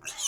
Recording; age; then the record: pig call; weaner (32 to 43 days)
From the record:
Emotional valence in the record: negative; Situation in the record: restrain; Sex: male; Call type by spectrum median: high-frequency call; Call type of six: high-frequency stable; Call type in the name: high-frequency stable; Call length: 0.28 s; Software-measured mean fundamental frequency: 259 Hz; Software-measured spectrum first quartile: 3035 Hz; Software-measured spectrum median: 5640 Hz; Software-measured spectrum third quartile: 6750 Hz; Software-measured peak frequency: 6035 Hz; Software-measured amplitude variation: 174 dB a second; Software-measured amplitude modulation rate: 7.0 a second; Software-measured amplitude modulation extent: 24.7 dB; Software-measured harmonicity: 4.6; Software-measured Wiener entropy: -2.14